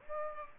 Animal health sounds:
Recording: mosquito wingbeat signal from an infrared sensor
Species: Aedes aegypti

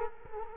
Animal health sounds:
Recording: mosquito wingbeat signal from an infrared sensor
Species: Culex quinquefasciatus

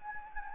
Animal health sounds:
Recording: mosquito wingbeat signal from an infrared sensor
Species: Anopheles gambiae

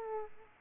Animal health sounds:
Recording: mosquito wingbeat signal from an infrared sensor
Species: Aedes aegypti

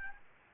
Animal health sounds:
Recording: mosquito wingbeat signal from an infrared sensor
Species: Aedes albopictus

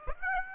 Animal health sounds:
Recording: mosquito wingbeat signal from an infrared sensor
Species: Aedes aegypti

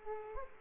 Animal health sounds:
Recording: mosquito wingbeat signal from an infrared sensor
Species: Aedes aegypti

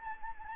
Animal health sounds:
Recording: mosquito wingbeat signal from an infrared sensor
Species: Anopheles gambiae

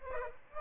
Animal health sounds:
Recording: mosquito wingbeat signal from an infrared sensor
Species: Aedes aegypti

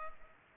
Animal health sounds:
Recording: mosquito wingbeat signal from an infrared sensor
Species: Culex pipiens

